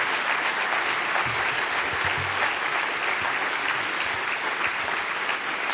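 An audience claps steadily for several seconds, a dense, even wash of many hands with no pauses, holding a fairly constant loudness throughout.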